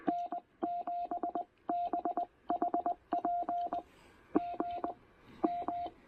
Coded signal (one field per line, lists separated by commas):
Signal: Morse code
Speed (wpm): 20 wpm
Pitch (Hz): 690 Hz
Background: none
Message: N7BHP GM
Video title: Pairing the Penntek TR-45L and Packtenna Random Wire for a casual 17 meter QRP POTA Activation!